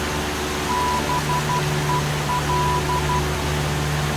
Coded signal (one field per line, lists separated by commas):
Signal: Morse code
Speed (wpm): 12 wpm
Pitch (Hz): 990 Hz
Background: none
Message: BEL